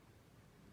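A second tungsten weight is being handled and pressed with a pen tip toward the other cavity of an extension spacer on an LDY Orion v1.5 butterfly knife. Only a steady low broadband hiss and faint rustle are heard, with no sharp transient. The weight has not snapped into the cavity yet.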